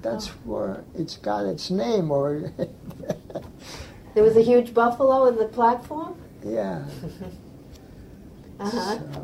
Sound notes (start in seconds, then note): 2.5 laughs; 6.8 laughs